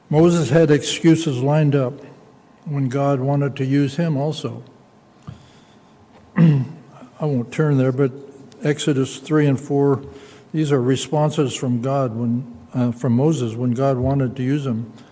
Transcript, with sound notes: Moses had excuses lined up when God wanted to use him also. [clears throat] I won't turn there, but Exodus 3 and 4, these are responses from God when uh from Moses when God wanted to use him.